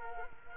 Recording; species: mosquito wingbeat signal from an infrared sensor; Culex quinquefasciatus